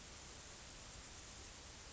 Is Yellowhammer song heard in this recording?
no